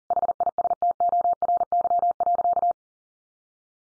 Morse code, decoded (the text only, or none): HISTORY.